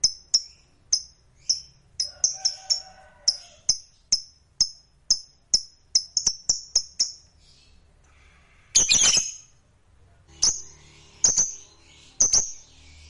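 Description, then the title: Lovebird calls: a quick series of short, sharp high chirps, then a louder harsh squawk and a few more scattered chirps. Recording played to stimulate a lazy lovebird into singing. "LOVEBIRD Malas Bunyi JADI GREGET SPONTAN Langsung NARIK"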